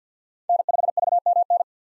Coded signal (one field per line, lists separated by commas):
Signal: Morse code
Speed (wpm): 50 wpm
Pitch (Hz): 700 Hz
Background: none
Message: N5VMN